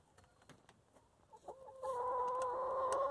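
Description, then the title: Chicken giving a few soft clucks, then a loud steady, slightly rising harmonic call held to the end. Chickens in their coop. "In the chicken coop - A csirkeólban"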